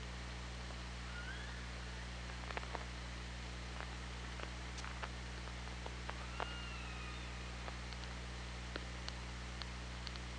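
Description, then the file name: Orca calls: a faint rising tonal call, then a clearer long gliding call later, with sharp clicks and constant underwater hiss and hum. OrcaLab hydrophone, 24 August 2017, 16:07. "Orca Lab UTLN JASON 20170824 160749"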